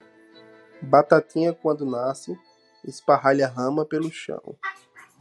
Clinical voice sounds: short text; Brazilian Portuguese; male; 30 to 39 years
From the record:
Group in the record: control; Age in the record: 37 years

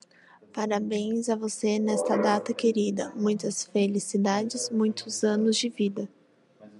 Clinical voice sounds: short text; Brazilian Portuguese; female; 20 to 29 years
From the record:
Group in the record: control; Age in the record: 27 years

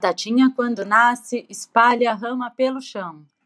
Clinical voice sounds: short text; Brazilian Portuguese; female; 40 to 49 years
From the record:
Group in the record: control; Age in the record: 42 years

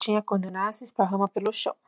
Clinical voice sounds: short text; Brazilian Portuguese; female; 30 to 39 years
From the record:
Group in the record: control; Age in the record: 34 years

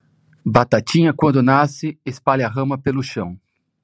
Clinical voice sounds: short text; Brazilian Portuguese; male; 30 to 39 years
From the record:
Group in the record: control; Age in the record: 35 years

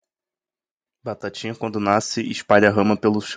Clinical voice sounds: short text; Brazilian Portuguese; male; 20 to 29 years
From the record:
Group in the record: control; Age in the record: 22 years

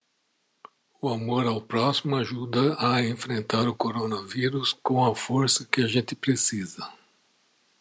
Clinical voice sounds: spoken sentence; Brazilian Portuguese; male; 60 to 69 years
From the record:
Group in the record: control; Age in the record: 62 years

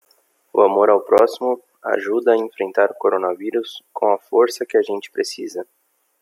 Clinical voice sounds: spoken sentence; Brazilian Portuguese; male; 20 to 29 years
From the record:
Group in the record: control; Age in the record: 25 years

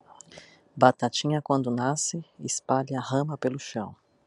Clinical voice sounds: short text; Brazilian Portuguese; female; 30 to 39 years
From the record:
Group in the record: control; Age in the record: 37 years

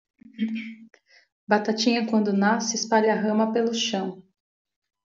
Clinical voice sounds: short text; Brazilian Portuguese; female; 30 to 39 years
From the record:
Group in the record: control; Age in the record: 34 years

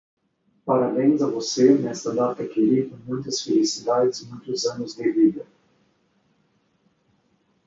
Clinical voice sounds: short text; Brazilian Portuguese; male; 30 to 39 years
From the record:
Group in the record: control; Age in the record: 35 years

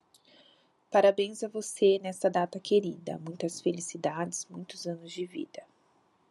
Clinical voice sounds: short text; Brazilian Portuguese; female; 40 to 49 years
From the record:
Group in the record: control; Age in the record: 42 years

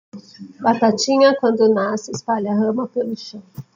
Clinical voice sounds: short text; Brazilian Portuguese; female; 40 to 49 years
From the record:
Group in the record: control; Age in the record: 43 years

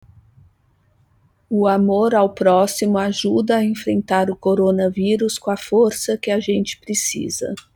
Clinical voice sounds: spoken sentence; Brazilian Portuguese; female; 40 to 49 years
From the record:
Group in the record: control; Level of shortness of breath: 0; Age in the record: 47 years

